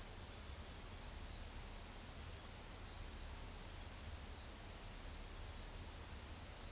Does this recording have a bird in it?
no